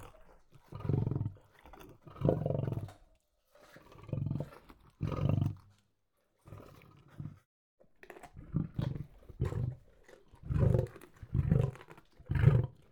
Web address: lion eating